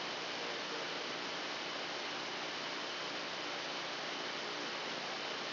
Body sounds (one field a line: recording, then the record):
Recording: brain microelectrode recording played as sound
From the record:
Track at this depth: inside the subthalamic nucleus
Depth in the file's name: 1.712 mm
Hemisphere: left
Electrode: 2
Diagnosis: Parkinson's disease